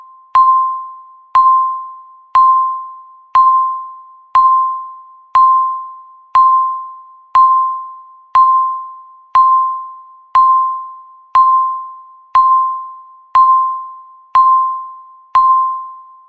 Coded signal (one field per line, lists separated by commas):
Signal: radio time signal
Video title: [05:19] 319 Seconds Countdown Timer with Beep Sound | 319s Alarm Timer Loud Noise When Ends 1080p